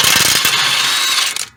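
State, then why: Stripped. A power tool spins a cross-threaded bolt in a threaded hole on the suspension/hub of a Toyota Sienna (3.3, 2.7 or 3.5) during a passenger-side CV axle replacement, making a steady high-pitched whir with short sharp bursts at 1.4 s before it stops at about 1.5 s. The bolt keeps turning without backing out because the threads inside are damaged and stripped, and nothing has seated or clicked yet.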